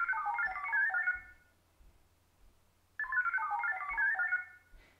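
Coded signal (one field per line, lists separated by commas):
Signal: HF data modem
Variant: VARA HF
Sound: two short warbling bursts of rapidly stepping tones, separated by a quiet pause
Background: low hum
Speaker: there's no reply and I do think I know why why the the Box timer is really really slow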